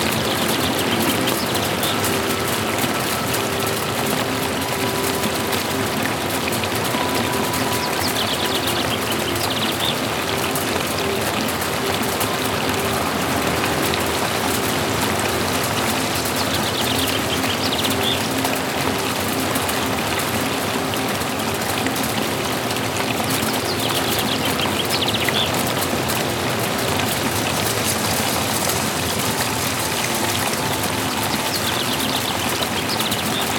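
An outdoor recording in Munich's English Garden, filled with a dense, steady rush like flowing water or rain that holds an even level throughout. A faint low hum, perhaps traffic, sits underneath, and no distinct events stand out.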